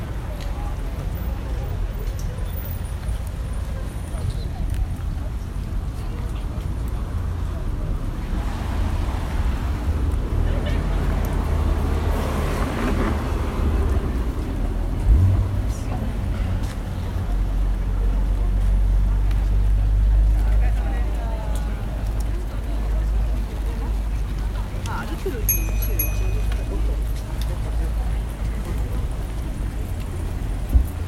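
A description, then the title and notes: A field recording at Tokyo Olympic Stadium in Shinjuku, with a constant low rumble of traffic underneath and faint voices mixed in. A vehicle swells past between about 8 and 14 seconds, and a few thin high tones chirp near the 25-second mark. Tokyo Olympic Stadium (Day Opening). Field-recorded at Tokyo Olympic Stadium, Shinjuku. An arranged ambient track by kaolu_euphony from the sound materials field-recorded at several places in Tokyo.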